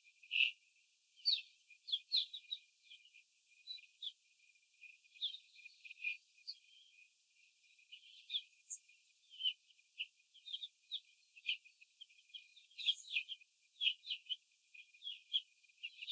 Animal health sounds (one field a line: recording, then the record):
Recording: young laying hens in a cage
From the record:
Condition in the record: after the stressor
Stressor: simulated dog barking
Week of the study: 4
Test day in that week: 3